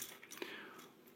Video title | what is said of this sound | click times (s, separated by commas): Transformers: Age Of Extinction - Deluxe High Octane Bumblebee | On va sortir le pied, donc il est bien clipsé là. | 0.4 s